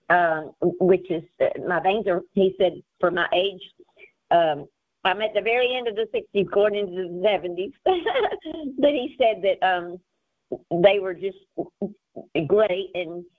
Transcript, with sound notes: which is, my veins are, he said, for my age, um, I'm at the very end of the 60s going into the 70s. (laughs) But he said that, um, they were just great